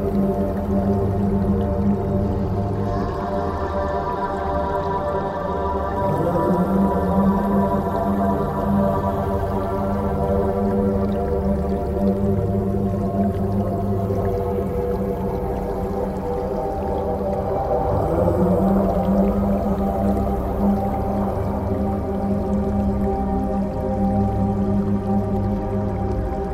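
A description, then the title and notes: Binaural beats: a low, sustained drone of layered steady tones, with a strong hum near the bottom and stacked notes above. The level stays even throughout, with slow swelling shimmers in the middle range around six and eighteen seconds. No other sounds intrude. Deep Sleep (432Hz) Sacral Chakra Tuning. Binaural Beats.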